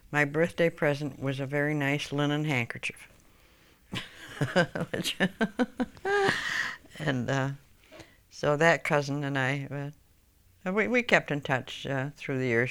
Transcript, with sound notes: My birthday present was a very nice linen handkerchief. (she laughs) And, so that cousin and I, well, we kept in touch through the years.